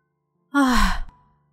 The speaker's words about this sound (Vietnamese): A Hắc thở dốc và đáp.